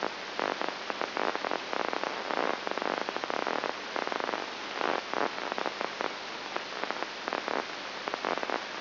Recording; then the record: brain microelectrode recording played as sound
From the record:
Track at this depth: inside the subthalamic nucleus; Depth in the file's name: 1.904 mm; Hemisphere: left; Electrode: 3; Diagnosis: Parkinson's disease